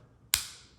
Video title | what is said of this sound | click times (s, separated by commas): HOW TO: BMW Key fob BATTERY replacement - Tutorial | snaps right in like so okay | 0.3 s